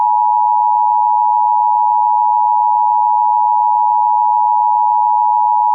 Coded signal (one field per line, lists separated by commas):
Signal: Emergency Alert System (SAME) tones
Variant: 853 and 960 Hz attention tone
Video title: Channel 4 World Service / EOS Test Transmission / EAS Mock